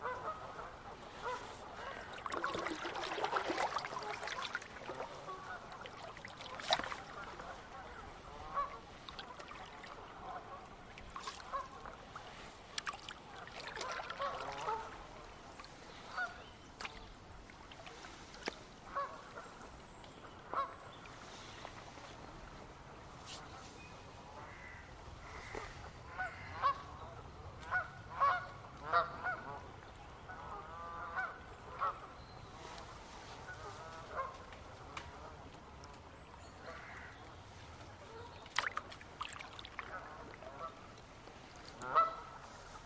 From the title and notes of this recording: Paddleboarding on a stretch of the River Wye in Herefordshire, where a flock of about 300 Canada geese begin an extraordinary evening chorus. The gentle swish of the paddle and the evocative cries of the wildfowl create a haunting river music. Recorded by Maria Hodson.